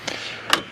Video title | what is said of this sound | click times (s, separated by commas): 1936 Ford Slant Back LS-1 All Steel Resto-Mod (SOLD) | Open the door here, you can hear the click. | 0.5 s